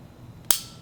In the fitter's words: and third click